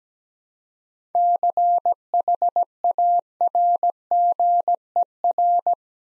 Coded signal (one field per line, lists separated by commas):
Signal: Morse code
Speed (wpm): 17 wpm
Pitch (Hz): 700 Hz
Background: none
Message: CHARGER